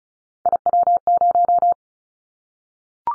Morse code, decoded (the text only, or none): IW0